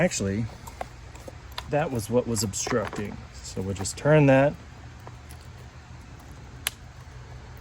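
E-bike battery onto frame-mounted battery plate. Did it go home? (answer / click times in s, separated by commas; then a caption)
yes / 6.7 s. A second Lectric battery is pushed onto its frame-mounted battery plate on a Lectric XP 3.0 electric bike once an obstruction has been cleared. Someone talks, a few faint taps follow, and the battery latches home with one sharp, loud click at 6.7 seconds, so it is seated.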